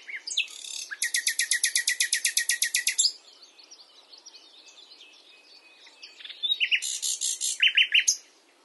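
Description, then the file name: Common nightingale song: a loud, evenly pulsed series of repeated notes, soft warbling, then another loud run of repeated notes. "Luscinia megarhynchos"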